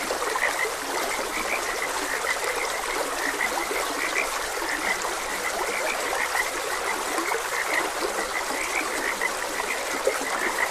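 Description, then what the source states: A chorus of frogs gives many brief croaks overlapping continuously, set against the constant hiss of flowing water. Frogs croaking beside a gentle stream.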